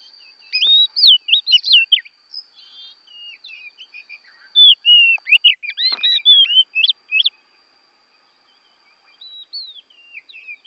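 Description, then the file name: Oriental magpie-robin song: rich whistled phrases with rising and falling notes in bursts, a pause near eight seconds, then softer notes, over a steady faint high whine. Borneo; recording made for training songbirds (masteran). "kacer borneo"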